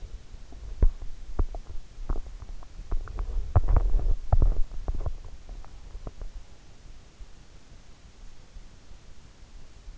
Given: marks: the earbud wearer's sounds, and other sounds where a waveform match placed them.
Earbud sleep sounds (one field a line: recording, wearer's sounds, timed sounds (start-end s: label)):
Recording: sounds in sleep by an in-ear microphone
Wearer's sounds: teeth grinding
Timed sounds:
0.00-2.22 s: teeth grinding
2.66-6.59 s: teeth grinding